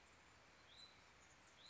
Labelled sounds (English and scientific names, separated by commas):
Hutton's Vireo (Vireo huttoni)